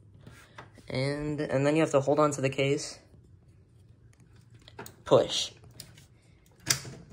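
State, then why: Seated. A component's gold contacts and pins are lined up with the small connector on a PC motherboard. With the case held, the part is pushed in while someone talks, followed by a few soft scrapes and taps. It seats with a sharp click at 6.7 s.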